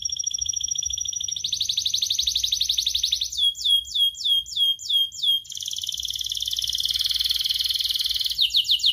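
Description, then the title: Canary song moving from a fast high trill to a slower pulsed trill, then a burst of swooping repeated notes, another buzzy trill, and quick swoops at the end. Kenari described as gacor (actively singing), with the best cengkok (song phrasing) and the most lavish isian (fill-in song); kicaumania songbird hobby context. "Kenari Gacor Cengkok Terbaik Isian Paling Mewah Kenarigacor Kicaumania Kenari"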